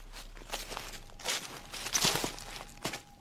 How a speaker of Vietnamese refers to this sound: Bất giác, ông nghe có tiếng bước chân loạt soạt như có cái gì đó đang đi lại ngay đằng sau vườn, nơi sát với cánh cửa sổ giường ông nằm.